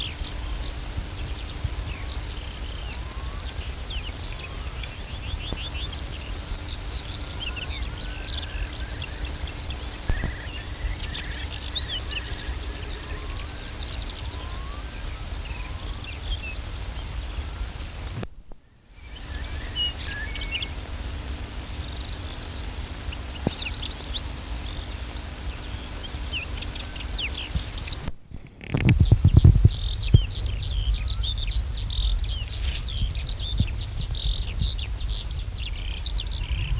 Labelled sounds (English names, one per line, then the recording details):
Common Snipe
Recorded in the wild
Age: adult
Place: Mellensee, Brandenburg, DE
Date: 1970-05-03
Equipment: Report, Tesla Vorverstärker, Sennheiser MD 421-2
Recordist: Tembrock, Günter